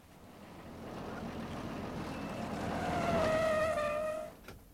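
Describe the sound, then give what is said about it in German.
A large bus engine rumbles and swells as the bus from Amiens rolls into its terminal stop after the rain has stopped, with a rising whine and a high brake squeal near the end before it settles and idles down. “Zum Glück hatte wenigstens der Regen aufgehört, als ich zur Endhaltestelle ging, um den Bus aus Amiens zu erwarten.”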